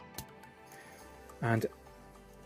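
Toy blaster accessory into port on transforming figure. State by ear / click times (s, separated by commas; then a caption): seated / 0.2 s. A second plastic toy blaster is pushed into the other small port on a Craftsman Toys DJS-02A Steel Drill transforming figure (Legends-scale Nosecone), and it pops in with a short, sharp click at 0.2 s. The blaster is seated, and afterward someone talks.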